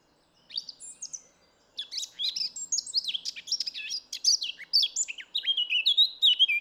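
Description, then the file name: Eurasian blackcap gives a few soft introductory notes, then bursts into a varied, fast warble ending in loud, clear, flute-like whistles. "Sylvia atricapilla"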